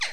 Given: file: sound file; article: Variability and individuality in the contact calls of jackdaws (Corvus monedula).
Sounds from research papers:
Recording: jackdaw call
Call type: harmonic

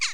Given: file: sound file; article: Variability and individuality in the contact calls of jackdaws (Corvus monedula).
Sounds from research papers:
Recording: jackdaw call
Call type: harmonic

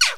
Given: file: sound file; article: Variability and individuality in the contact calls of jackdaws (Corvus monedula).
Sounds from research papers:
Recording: jackdaw call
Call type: noisy

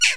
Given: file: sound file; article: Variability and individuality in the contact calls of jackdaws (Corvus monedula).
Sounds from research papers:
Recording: jackdaw call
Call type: noisy

